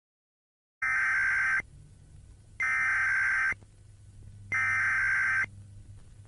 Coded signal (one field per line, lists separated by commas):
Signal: Emergency Alert System (SAME) tones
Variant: header bursts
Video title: Woody Woodpecker EAS alert